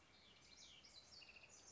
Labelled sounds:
House Wren (Troglodytes aedon)
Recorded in Sonoma County, California

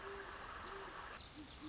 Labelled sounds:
Great Horned Owl (Bubo virginianus)
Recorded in Sonoma County, California

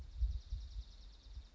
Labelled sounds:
Dark-eyed Junco (Junco hyemalis)
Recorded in Sonoma County, California

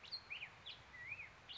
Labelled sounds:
Black-headed Grosbeak (Pheucticus melanocephalus)
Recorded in Sonoma County, California

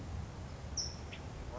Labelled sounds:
California Towhee (Melozone crissalis)
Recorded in Sonoma County, California

